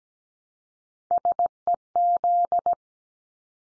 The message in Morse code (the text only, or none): SEZ